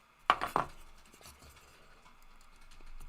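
A plastic piece is pressed onto the body of a model 2-bay covered hopper car and snaps into place with a sharp click at 0.3 s, followed by two quieter ticks just after. The clean snap shows the part has seated where it should.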